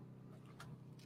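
A Torx-head screw is driven into the boat structure over a steady low hum. Two brief hits, at 0.6 s and 1.0 s, could be the bit slipping. The screw head strips out.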